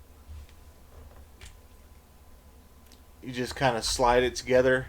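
A battery door is lined up on a box mod body before being slid on, with only faint ticks at about 0.5 and 2.9 seconds. Someone talks from about 3.2 seconds onward. Nothing has seated or clicked yet.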